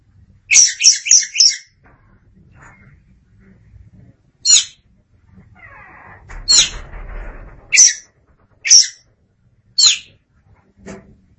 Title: Suara Kicauan Burung Kacer Durasi Panjang